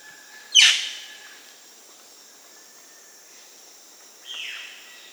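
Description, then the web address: Violaceous jay giving one loud, abrupt, harsh call, followed nearly four seconds later by a softer, falling, rasping note. South America. "S America Violaceous Jay (Cyanocorax violaceus"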